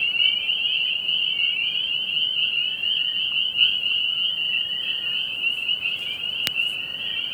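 Spring peepers in a dense, unbroken chorus of high peeping notes that merge into a steady shrill band, with one sharp click near the end.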